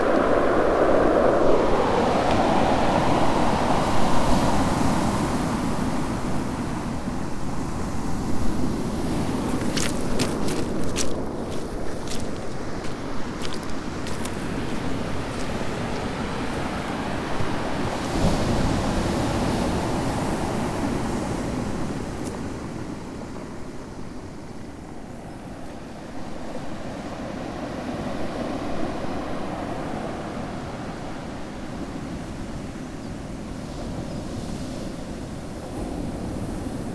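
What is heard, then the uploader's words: Outdoors on a coastal path, a steady low rush of wind and surf, with a cluster of sharp clicks around ten to thirteen seconds. Today's walk is from Crackington Haven to Boscastle along the South West Coast Path.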